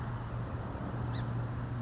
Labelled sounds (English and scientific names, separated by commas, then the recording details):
Song Sparrow (Melospiza melodia)
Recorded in Sonoma County, California